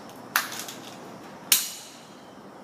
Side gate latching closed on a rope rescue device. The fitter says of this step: thing that's important is you hear that clicking of the Black Gate going back over that way you know that this system is